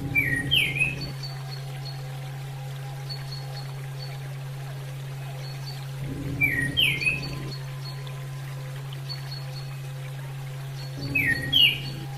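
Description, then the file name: Orange-headed thrush calls, short downslurred chirps in pairs repeated about every five seconds, each burst with splashing water, over a continuous low hum. Female; therapy audio used for bird training. "audio terapi ak betina"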